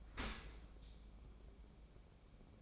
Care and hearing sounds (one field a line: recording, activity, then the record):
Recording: daily activity, microphone in the room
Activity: open dishwasher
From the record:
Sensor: 1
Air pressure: 1012.4 hPa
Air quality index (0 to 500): 173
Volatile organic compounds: 3 ppm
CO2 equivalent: 1414 ppm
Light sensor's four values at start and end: 369/823/371/405 and 368/821/371/405